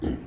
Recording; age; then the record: pig call; growing-finishing pig (85 days or more)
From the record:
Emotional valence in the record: negative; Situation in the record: barren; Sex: female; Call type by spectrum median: low-frequency call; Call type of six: low-frequency stable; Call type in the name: low-frequency stable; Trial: 1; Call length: 0.27 s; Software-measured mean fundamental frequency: 62 Hz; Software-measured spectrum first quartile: 130 Hz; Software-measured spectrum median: 255 Hz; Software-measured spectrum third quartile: 373 Hz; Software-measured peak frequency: 252 Hz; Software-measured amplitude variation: 134 dB a second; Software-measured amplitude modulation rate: 29.4 a second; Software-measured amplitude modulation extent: 4.5 dB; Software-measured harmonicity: 1.7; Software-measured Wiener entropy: -0.25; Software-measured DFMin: 925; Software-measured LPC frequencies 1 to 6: 330, 1818, 3048, 3742, 4616, 5469 Hz